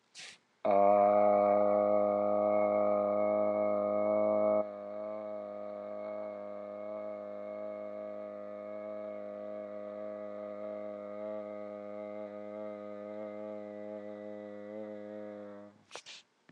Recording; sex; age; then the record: vowel held as long as possible; male; 40 to 49 years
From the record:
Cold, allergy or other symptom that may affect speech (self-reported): no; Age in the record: 41 years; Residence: Indiana, United States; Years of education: 15